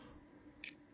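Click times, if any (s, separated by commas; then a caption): none. A magnetic bit holder is handled at its slot in a compact bit-driver kit, with a low steady hum underneath and a brief bright, sharp handling sound around 0.6–0.7 s. Nothing has seated or clicked yet; the holder is not yet home in the driver.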